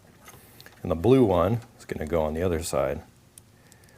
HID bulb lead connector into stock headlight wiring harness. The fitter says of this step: these just snap right in like this